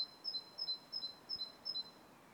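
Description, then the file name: Great tit song with five clear, high double notes, the first note higher than the second, repeated rapidly at an even pace. "Parus major"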